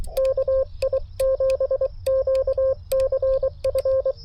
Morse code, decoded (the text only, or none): KI7QCF